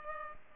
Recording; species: mosquito wingbeat signal from an infrared sensor; Culex pipiens